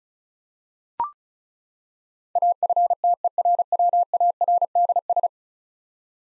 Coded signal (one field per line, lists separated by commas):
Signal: Morse code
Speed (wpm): 36 wpm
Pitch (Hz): 700 Hz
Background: none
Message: AFTERWARDS